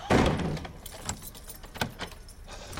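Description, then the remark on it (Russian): A room door thuds shut, followed by a few sharp metallic clicks and rattles as it is quickly locked, with no voices over the sounds. “Стив заманил Джонса и Кэти в комнату и быстро запер дверь”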